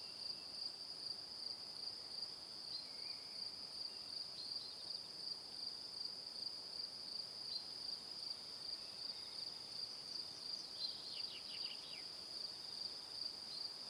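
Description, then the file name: Crickets chirp in a continuous high pulsing chorus; near the end a quick series of falling notes cuts through briefly. Evening. "Calm - Evening Crickets"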